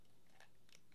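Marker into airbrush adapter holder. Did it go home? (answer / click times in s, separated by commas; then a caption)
no / none. A Copic marker is being handled and pushed toward the holder of an airbrush adapter, with faint broadband ticks around 0.4 s and 0.8 s over a quiet background. The clip ends before the marker goes home, so nothing has seated or clicked yet.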